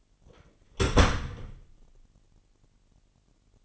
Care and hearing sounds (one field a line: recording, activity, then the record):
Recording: daily activity, microphone in the room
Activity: close door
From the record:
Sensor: 4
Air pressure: 999.4 hPa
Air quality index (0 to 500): 116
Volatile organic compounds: 2 ppm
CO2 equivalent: 1139 ppm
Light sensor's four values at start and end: 13/31/12/13 and 13/31/12/13